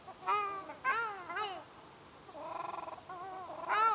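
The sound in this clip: Ruddy shelduck honking calls: loud nasal honks, a pause, then a buzzy rattling call before a final strong honk.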